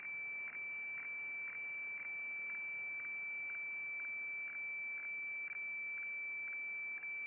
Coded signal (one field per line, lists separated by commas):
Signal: weather fax (radiofax)